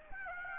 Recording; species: mosquito wingbeat signal from an infrared sensor; Aedes aegypti